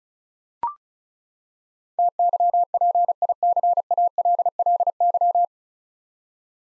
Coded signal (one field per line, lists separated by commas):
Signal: Morse code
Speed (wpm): 36 wpm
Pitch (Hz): 700 Hz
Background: none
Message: TYPICALLY